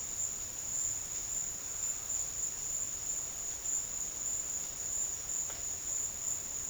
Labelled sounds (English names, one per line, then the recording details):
none
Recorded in dense forest near Puerto Asís, Putumayo, Colombia, on 8 March 2025 at 14:30
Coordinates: 0.484, -76.325
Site G045